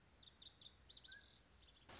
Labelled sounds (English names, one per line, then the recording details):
Lazuli Bunting
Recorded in Sonoma County, California